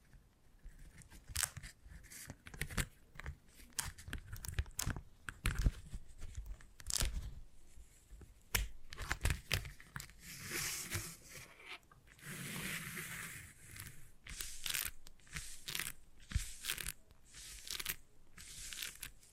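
Beeswax being handled in quick, irregular crackling and tearing bursts, with sharp snaps scattered throughout and a longer soft rustle around twelve seconds.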